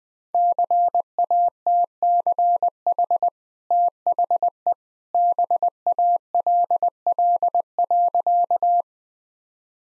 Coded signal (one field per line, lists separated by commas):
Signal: Morse code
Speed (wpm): 21 wpm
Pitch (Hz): 700 Hz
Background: none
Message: CATCH THE BALL.